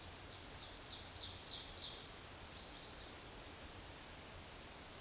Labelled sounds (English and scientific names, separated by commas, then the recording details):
Ovenbird (Seiurus aurocapilla) song
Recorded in a Pennsylvania forest on 17 May 2023 at 14:07
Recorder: AudioMoth, point grid1_7_low
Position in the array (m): 198 m, 44 m